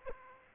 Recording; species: mosquito wingbeat signal from an infrared sensor; Aedes aegypti